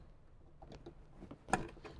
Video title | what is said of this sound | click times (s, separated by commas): Kicker Plug & Play 6 Speaker Bundle - '07 - '14 Jeep JK Wrangler | make sure you hear that click | 1.5 s